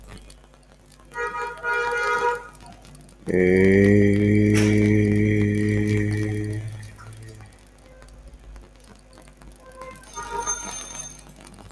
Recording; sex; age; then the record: vowel held as long as possible; male; 20 to 29 years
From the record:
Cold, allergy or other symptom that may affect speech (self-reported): yes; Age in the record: 24 years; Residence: Bangladesh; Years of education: 18